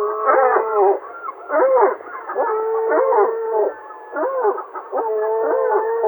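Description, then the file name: Gull mewing calls, drawn-out nasal wails with level tone alternating with short yelping bursts, continuing without pause. "CHajka morskaja"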